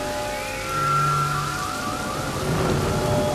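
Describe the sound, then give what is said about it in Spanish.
Steady, dense hiss of heavy rain with low rumbling swells of thunder rising around it, while faint wavering tones drift through the storm. No one speaks. “Obedeciendo las órdenes del Rey Sol, las nubes se llenaron de agua, los truenos y relámpagos se prepararon para un ataque total y a la orden de ataque de Flip, empezaron a actuar.”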